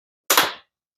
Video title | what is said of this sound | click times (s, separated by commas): Yamaha R7 Flush Mount Turn Signal Install | but you'll hear it snap together. | 0.3 s